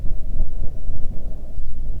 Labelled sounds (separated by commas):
songbird, wind